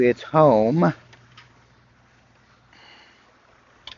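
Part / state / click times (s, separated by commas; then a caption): instrument panel cluster into truck dashboard / seated / 3.9 s. Someone talks as the instrument panel cluster of a square-body C10 truck, fitted with LED dash lights, is guided back into its opening in the dashboard and pushed in. After a stretch of quiet handling with faint ticks, a sharp click at 3.9 s marks the cluster seating into the dash.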